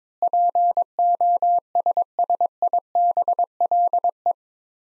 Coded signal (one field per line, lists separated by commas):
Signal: Morse code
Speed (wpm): 22 wpm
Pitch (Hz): 700 Hz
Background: none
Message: POSSIBLE